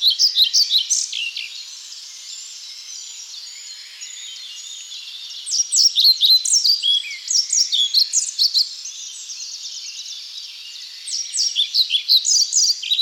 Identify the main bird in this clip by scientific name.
Ficedula hypoleuca